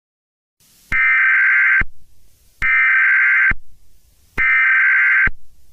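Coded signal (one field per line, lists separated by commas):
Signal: Emergency Alert System (SAME) tones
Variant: header bursts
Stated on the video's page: Fictional scenario; not a real alert.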